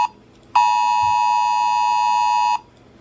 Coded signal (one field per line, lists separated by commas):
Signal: Emergency Alert System (SAME) tones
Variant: 853 and 960 Hz attention tone